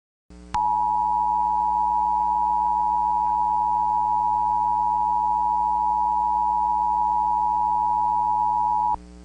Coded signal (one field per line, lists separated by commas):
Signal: Emergency Alert System (SAME) tones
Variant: 853 and 960 Hz attention tone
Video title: Cyrus The Vampire III: The Final Alert (An EAS Scenario)